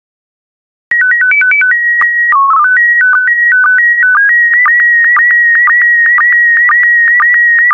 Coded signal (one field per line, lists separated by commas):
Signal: SSTV (slow-scan television)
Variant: PD 120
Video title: 146092 Monaco SSTV PD120